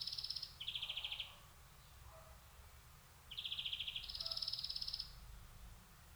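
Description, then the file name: European greenfinch song of rattling trills on two pitches, one higher and one lower, with a quiet gap between phrase groups. "Chloris chloris"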